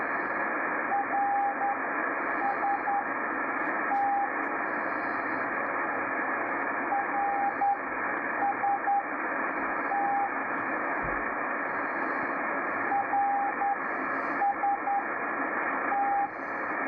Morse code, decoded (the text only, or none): RST RST RST